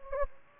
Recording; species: mosquito wingbeat signal from an infrared sensor; Anopheles gambiae